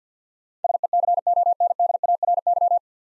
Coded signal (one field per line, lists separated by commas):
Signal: Morse code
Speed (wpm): 50 wpm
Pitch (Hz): 700 Hz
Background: none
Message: SECONDARY